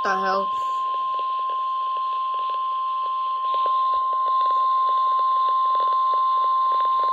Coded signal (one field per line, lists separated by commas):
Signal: Emergency Alert System (SAME) tones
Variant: 1050 Hz attention tone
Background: speech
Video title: Required Weekly Tests | EAS #676 - #677